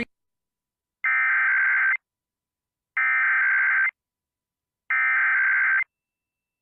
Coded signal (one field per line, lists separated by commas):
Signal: Emergency Alert System (SAME) tones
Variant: header bursts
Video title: EAS Tornado Drill Marquette, Michigan Statewide Drill (Required Monthly Test)